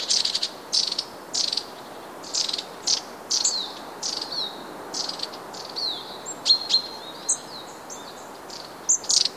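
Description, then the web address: Long-tailed tit calls: a busy series of short, high, buzzy and trilled notes with thin piping whistles, over a steady soft background hiss. "wroblowe kolekcja raniuszek"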